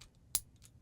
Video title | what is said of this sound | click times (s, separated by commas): VEX Camp - GO Session 4: Fun with Flopper | We heard that click. It's connected. | 0.3 s